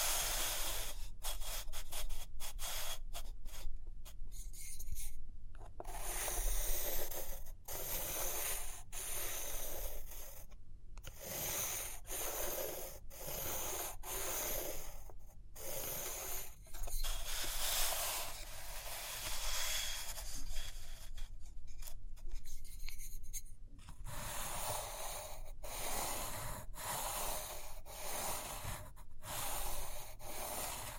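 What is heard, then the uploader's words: Pages turn and a pen or pencil scratches across paper, with steady bright rubbing and sweeping strokes. Frequent short gaps and soft taps break the scratching every second or so, over a faint low hum throughout. ASMR Study With Me Page Turning and Tapping, Writing, Drawing (No Talking).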